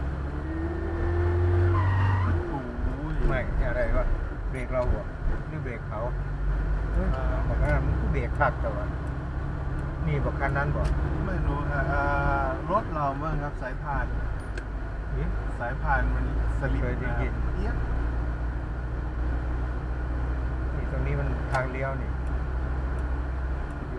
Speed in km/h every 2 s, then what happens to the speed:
14, 19, 28, 32, 40, 43, 45, 45, 47, 49, 52, 55.
0-24 speeds up to 55.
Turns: none.